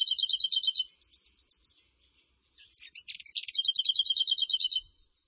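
Bird singing rapid high trills of even, repeated notes, a softer fading trill, a brief pause, then a jumbled burst running into another fast trill.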